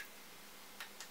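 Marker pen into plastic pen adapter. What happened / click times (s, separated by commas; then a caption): The pen clicked into the adapter / 0.8 s, 1.0 s. An ultra fine marker is pushed as far as it goes into a purple plastic pen adapter for a Cricut Explore cutting machine. Two short, faint clicks are heard at 0.8 s and 1.0 s over a steady background hiss, and the marker is seated in the adapter.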